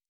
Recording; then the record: hydrophone in a shrimp aquaculture tank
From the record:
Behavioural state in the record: normal